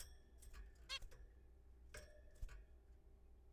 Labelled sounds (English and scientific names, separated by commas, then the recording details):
Zebra Finch (Taeniopygia guttata)
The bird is a juvenile
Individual R3428